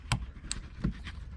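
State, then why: Seated. A plastic wiring connector on a TLYARD aftermarket tail-light harness, for fitting Renault Megane E-Tech lights to a Tesla Model 3/Y, is turned the right way round and pushed onto its mating plug on the existing vehicle connector. It seats with a sharp click at 0.1 s, followed by softer knocks and taps at about 0.5, 0.8 and 1.1 s against a low background rumble.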